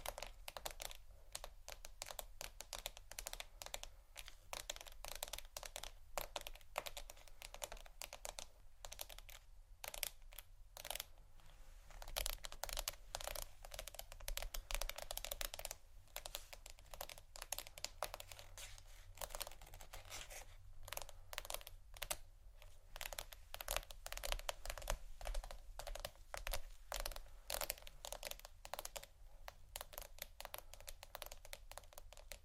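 Tapping, scratching and crinkling on plastic and vinyl make a dense, crisp stream of small clicks that runs almost without pause, much like fast typing. A steady low hum sits underneath, with brief thinner moments around 10 and 19 seconds.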